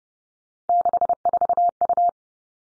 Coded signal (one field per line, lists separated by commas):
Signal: Morse code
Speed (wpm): 30 wpm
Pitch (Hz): 700 Hz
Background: none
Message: 64U